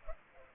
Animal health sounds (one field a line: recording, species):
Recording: mosquito wingbeat signal from an infrared sensor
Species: Culex pipiens